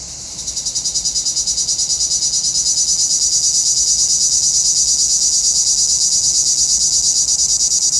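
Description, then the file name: Cicadas buzzing: a soft hiss swells within the first second into a loud, high, pulsing drone beating about three times per second and holding steady to the end. Cicadas in a pinewood. "Relaxing Music Therapy - Sounds from a Pinewood Cicadas"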